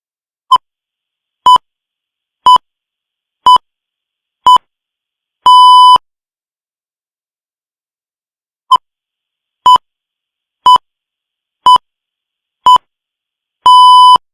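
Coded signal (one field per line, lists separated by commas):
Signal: radio time signal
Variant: Greenwich Time Signal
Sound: five short 1 kHz pips a second apart, then one longer pip, repeated twice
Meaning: The start of the final long pip marks the exact start of the hour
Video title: The Pips Sound Effect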